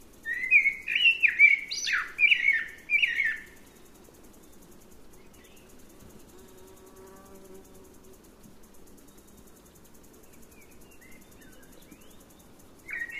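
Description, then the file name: Eurasian blackbird song: a run of rich whistled notes with squeaky high flourishes over the first few seconds, then a long quiet stretch, and a new phrase starting at the end. "Turdus merula"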